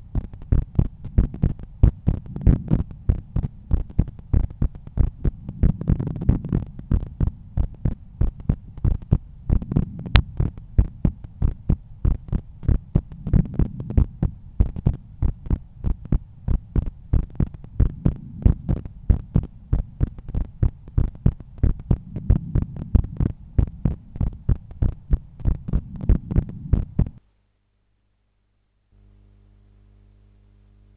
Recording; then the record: heart sounds by stethoscope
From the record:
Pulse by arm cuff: 98 bpm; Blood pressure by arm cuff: 121/81 mmHg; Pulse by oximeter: 96 bpm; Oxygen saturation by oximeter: 98%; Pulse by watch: 97 bpm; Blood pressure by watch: 119/80 mmHg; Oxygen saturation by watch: 96%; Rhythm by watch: sinus rhythm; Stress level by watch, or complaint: high stress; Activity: office activities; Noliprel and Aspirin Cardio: after pills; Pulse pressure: 40 mmHg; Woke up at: 6:50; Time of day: 18:00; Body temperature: 36.5 C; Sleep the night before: 8 h 16 min, score 66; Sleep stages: REM 20%, light 64%, deep 6%, awake 10%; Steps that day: 6850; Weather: cloudy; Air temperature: 18.7 C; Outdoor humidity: 89%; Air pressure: 1008 hPa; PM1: 0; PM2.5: 1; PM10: 2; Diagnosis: hypertension, treated with Noliprel and Aspirin Cardio 100 mg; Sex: male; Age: 53 years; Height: 174 cm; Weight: 81 kg